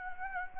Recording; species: mosquito wingbeat signal from an infrared sensor; Anopheles gambiae